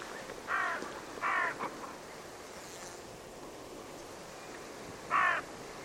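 Bird calling with coarse, grating notes: two close together near the start and a third after a pause of several seconds, over a steady hiss.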